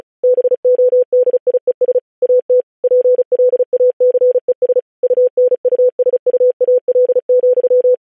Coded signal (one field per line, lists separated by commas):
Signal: Morse code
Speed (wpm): 36 wpm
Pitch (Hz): 500 Hz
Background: none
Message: BODIES AT PLACES UNUSUAL,